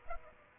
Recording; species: mosquito wingbeat signal from an infrared sensor; Aedes aegypti